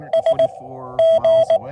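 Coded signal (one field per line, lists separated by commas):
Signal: Morse code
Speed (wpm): 18 wpm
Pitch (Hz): 650 Hz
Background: speech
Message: S G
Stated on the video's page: QRP POTA CW activation using paddles and a Chameleon TDL antenna; radios include FX-4CR and Xiegu 6200.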